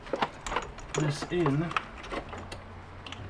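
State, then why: Not seated. A Damond Motorsports catch-can breather hose quick-connect fitting is handled at its engine PCV port on a Ford Focus ST while someone talks, with a few short plastic ticks and taps along the way. Nothing has seated or clicked yet.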